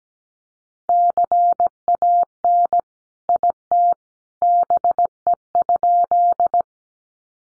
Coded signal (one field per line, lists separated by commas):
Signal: Morse code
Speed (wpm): 17 wpm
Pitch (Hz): 700 Hz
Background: none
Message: CAN IT BE?